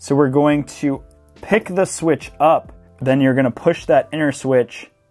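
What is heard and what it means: Someone talks while picking up the small plastic inner scissor switch of an Apple Magic Keyboard with Touch ID key, about to push it sideways so its nubs drop into the channel of the outer switch. Faint background music plays under the speech. Nothing has seated or clicked yet.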